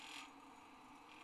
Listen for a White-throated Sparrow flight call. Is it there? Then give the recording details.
no. No flight call is heard. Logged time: 23:58 on 29 November 2014